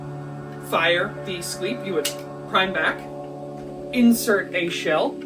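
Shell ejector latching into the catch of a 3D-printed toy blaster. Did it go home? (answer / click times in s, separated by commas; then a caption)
no / none. Someone talks while handling a 3D-printed plastic toy foam blaster, priming it back to insert a shell so the shell ejector will latch into its catch. Over a steady tonal background, only the speech is heard. Nothing has seated or clicked yet.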